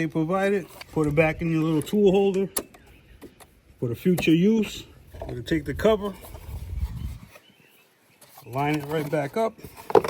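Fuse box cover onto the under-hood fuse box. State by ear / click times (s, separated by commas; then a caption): not seated / none. Someone talks while handling the plastic fuse box cover of the under-hood fuse box on a 2021–2025 Hyundai Elantra, picking it up and bringing it over to line it up before pressing it home. A few faint, brief handling taps are heard between stretches of speech. Nothing has latched or clicked into place yet.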